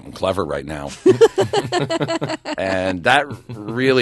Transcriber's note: soundbite of laughter